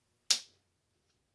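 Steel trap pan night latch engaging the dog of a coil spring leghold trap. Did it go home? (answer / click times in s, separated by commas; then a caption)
yes / 0.3 s. While a coil spring leghold trap is being set, its steel pan is brought up until the night latch engages on the dog with a single sharp metallic click at 0.3 s. The bright, broadband snap fades within about a quarter second into near silence. The night latch has caught and the trap is set.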